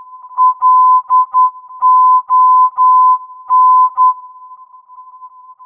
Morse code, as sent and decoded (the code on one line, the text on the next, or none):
.-.. --- -.
LON